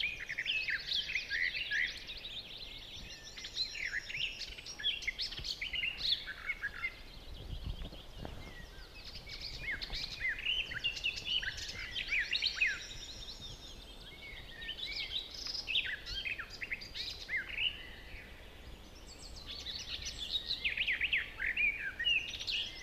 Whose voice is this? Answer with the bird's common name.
Barred Warbler